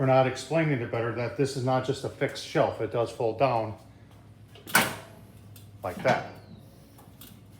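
Someone talks for the first few seconds while handling the hinged metal side shelf on a Slow 'N Sear 22-inch kettle grill, which folds down from its support bracket. After the talking stops, there are short metallic knocks around 4.8 s and 6.1 s as the shelf is moved. The shelf has not yet locked into its support, so nothing has seated or clicked.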